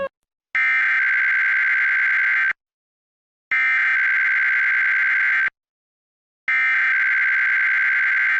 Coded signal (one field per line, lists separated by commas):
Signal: Emergency Alert System (SAME) tones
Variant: header bursts